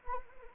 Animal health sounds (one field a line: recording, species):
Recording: mosquito wingbeat signal from an infrared sensor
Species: Anopheles arabiensis